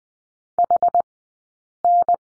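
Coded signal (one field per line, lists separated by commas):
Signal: Morse code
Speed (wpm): 20 wpm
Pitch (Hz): 700 Hz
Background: none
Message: HN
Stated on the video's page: Morse code course lesson on letter P, Farnsworth speed 20/10 wpm.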